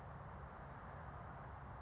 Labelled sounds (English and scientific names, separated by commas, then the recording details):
California Towhee (Melozone crissalis)
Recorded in Sonoma County, California